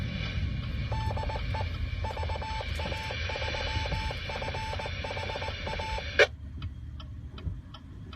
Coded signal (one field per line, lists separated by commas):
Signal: Morse code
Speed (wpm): 19 wpm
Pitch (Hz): 880 Hz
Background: radio noise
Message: DE VA3FHA